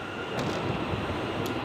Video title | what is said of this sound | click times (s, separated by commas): Mahindra XUV500 Dicky lock not working! XUV 500 dicky नहीं खुल रही थी। | डिक्की लॉक नहीं हुई है अभी एक बार और लगाता हूं | none